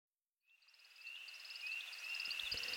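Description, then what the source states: American woodcock flight twittering, a thin high chittering that starts after a brief silence and swells steadily louder, with a few low thumps near the end. Male spiralling upward in flight; the twittering is made by slim, stiff feathers at its wingtips.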